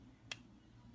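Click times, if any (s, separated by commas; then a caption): 0.3 s. A part of a drop-in trigger kit is pushed into place in a firearm's lower receiver. A single faint, sharp click sounds at 0.3 s over a low steady hum. The part clicks into place and is seated.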